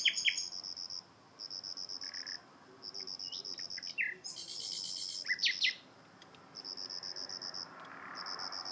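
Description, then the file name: Common nightingale song with long runs of rapid high pulsed notes, a harsh buzzy burst in the middle, and brief chirps between phrases. "Luscinia megarhynchos"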